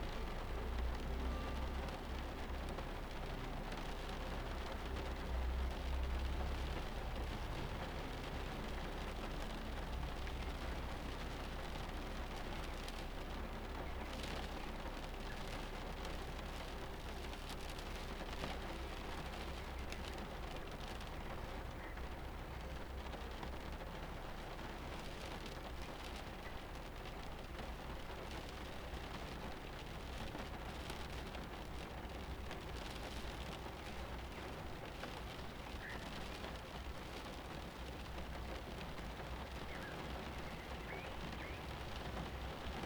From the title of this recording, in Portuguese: Protegido de uma tempestade